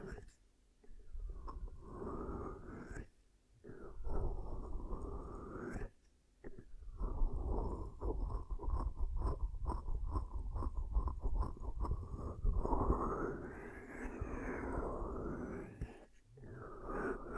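Ear cupping ASMR: muffled, low rubbing and hollow cupping sounds press in and out, with short silent gaps near 1, 3, 6 and 16 seconds. Between them come dense runs of soft crackles and taps, and a rising, whooshing swell around 13 to 15 seconds.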